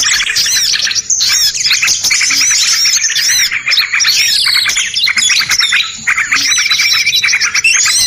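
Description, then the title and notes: Birds calling in a dense chorus of high chirps, squawky notes and looping whistles, with brief pauses near one and six seconds. Compilation of bird lure sounds used to attract stubborn birds that are hard to approach. "Suara Burung Bandel Yang Susah Mendekati. Kompilasi Suara Pikat Burung"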